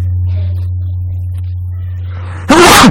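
A low steady hum runs quietly until a single sudden, loud, breathy sneeze bursts out near the end.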